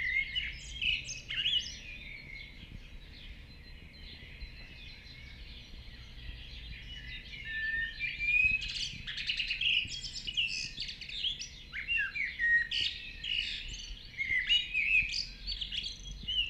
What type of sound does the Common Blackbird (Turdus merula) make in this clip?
song